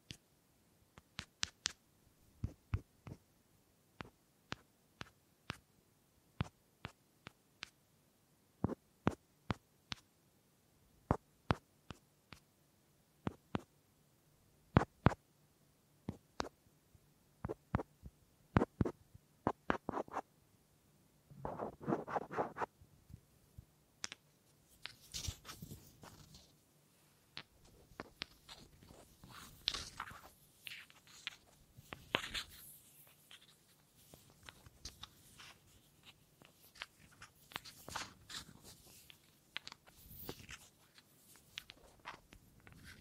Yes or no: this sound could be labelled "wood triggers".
yes